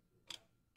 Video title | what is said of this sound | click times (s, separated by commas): Fluval '05' Series Setup Tutorial (Part 1) | and push it down until it clicks | 0.3 s